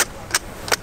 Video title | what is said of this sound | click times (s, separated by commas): 2020 Lagoon 42 Detailed Checkin Walkthrough | lift up like this to the desired height and hear the click and they will hold as you sit and lie against them | 0.3 s, 0.7 s